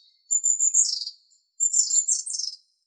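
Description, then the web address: Long-tailed tit calls: two bursts of very high, thin notes, each a drawn-out sibilant tone running into rapid, buzzy, rolling trills, with silence between them. "Aegithalos caudatus"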